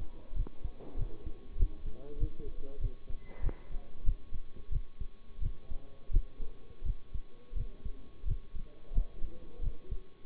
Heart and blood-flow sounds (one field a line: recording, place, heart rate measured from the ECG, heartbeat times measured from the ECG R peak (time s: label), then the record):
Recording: heart sounds by stethoscope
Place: between the tricuspid and mitral areas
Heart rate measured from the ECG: 91 bpm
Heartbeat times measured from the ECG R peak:
0.32 s: heartbeat
0.94 s: heartbeat
1.55 s: heartbeat
2.16 s: heartbeat
2.77 s: heartbeat
3.39 s: heartbeat
4.02 s: heartbeat
4.68 s: heartbeat
5.38 s: heartbeat
6.09 s: heartbeat
6.81 s: heartbeat
7.52 s: heartbeat
8.23 s: heartbeat
8.90 s: heartbeat
9.59 s: heartbeat
10.24 s: heartbeat
From the record:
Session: bicycle stress test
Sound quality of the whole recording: good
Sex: male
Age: 23 years